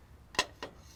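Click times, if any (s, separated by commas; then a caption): none. A metal support brace for a Stageline SL 50 stage is handled on the mirrored side of the center section, angled in and then pushed forward toward its mount. Two sharp metallic knocks sound at about 0.4 s and 0.6 s, the first louder. Nothing has seated or locked into place yet.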